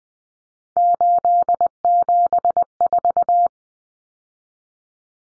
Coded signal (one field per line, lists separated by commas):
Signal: Morse code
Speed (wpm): 20 wpm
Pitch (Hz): 700 Hz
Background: none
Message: 874